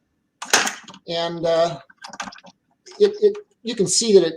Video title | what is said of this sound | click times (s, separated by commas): “Large Scale Consolidated Live” G Scale Trains LS#6 | but it just fits right into the fifth wheel and snaps into place. | 0.4 s, 0.5 s